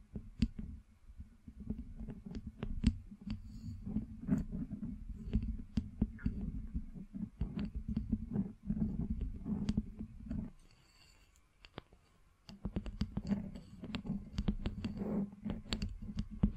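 Scratching and tapping with a steady low rubbing texture, dotted with frequent sharp taps and clicks. The scraping runs continuously for about ten seconds, drops to near silence for two seconds, then resumes with the same dense, irregular taps until the end.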